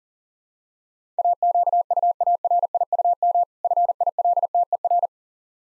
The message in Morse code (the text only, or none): AQUARIUM FILTER